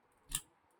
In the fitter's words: அது லாக் ஆயிடுச்சு பாருங்க.